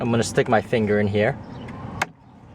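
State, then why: Released. Someone talks while pushing a plastic glove box side stop inward with one finger so it comes free from the dashboard glove box opening of a Honda CR-V or Element. A single sharp snap is heard at 2.0 s, and the stop is released.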